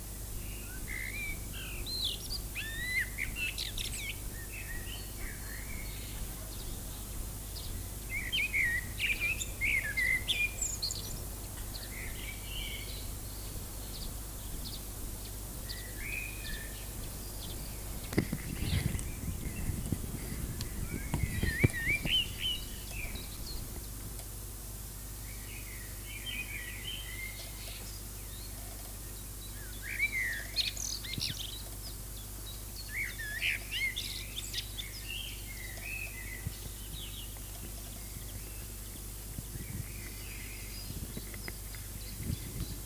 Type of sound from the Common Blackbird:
song